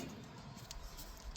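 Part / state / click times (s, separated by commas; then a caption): spark plug boot onto spark plug of a small mower engine / seated / 0.7 s, 1.4 s. A rubber spark plug boot, its inside checked to look decent, is pushed onto a new spark plug on the Kohler Courage 15-21HP engine of a Troy-Bilt Bronco mower. Over low background noise, short sharp clicks are heard at 0.7 s and 1.4 s as the boot seats onto the plug.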